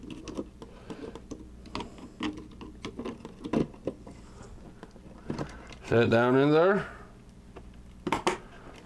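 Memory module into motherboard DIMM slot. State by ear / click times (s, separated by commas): seated / 8.1 s, 8.3 s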